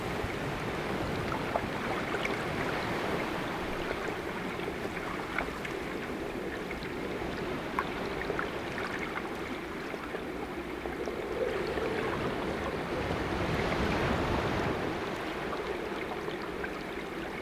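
Underwater near a small boat's hull, a dense, steady wash of low murmuring and bubbling fills the whole stretch. Small clicks and ticks scatter throughout, with a brief swell of brighter hissing around the middle and again near fourteen seconds.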